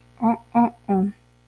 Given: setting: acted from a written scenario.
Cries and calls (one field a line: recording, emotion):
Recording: vocal sound without words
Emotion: distress